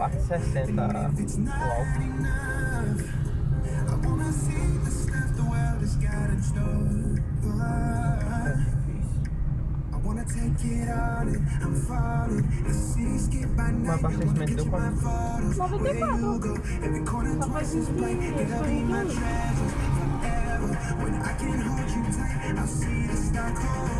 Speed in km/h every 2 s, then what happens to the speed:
18, 20, 22, 21, 19, 20, 23, 22, 17, 17, 18, 19.
0-12 steady at about 20. 12-16 slows to 17. 16-24 steady at about 17.